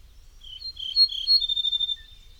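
Ortolan bunting song: a few high, slurred notes followed by a quick run of evenly repeated, ringing notes on one pitch, over a faint low rumble.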